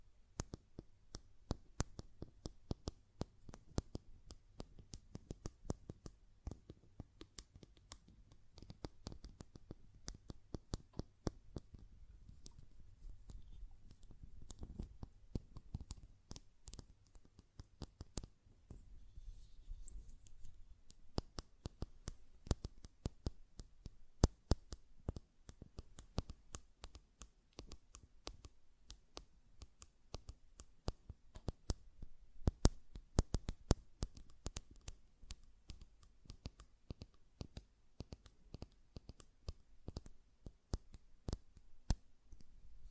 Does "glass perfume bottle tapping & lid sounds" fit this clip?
yes